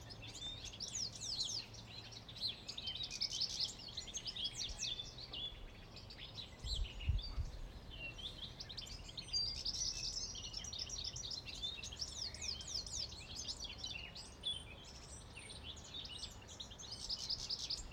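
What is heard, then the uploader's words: Birds sing continuously in a busy, overlapping chorus of bright chirps and quick trills, with several voices calling at once throughout. A low steady rumble sits underneath, and a brief deeper thump stands out around the seventh second. Birds In Leatherhead by escdotdot.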